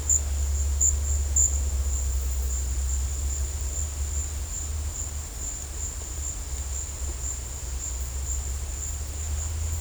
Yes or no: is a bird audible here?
no